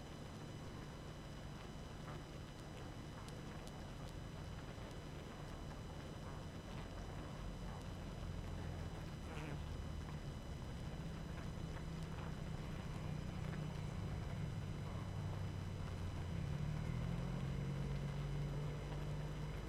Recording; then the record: honeybee colony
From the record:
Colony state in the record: active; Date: 12 June 2018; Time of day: 22:53